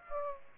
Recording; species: mosquito wingbeat signal from an infrared sensor; Aedes aegypti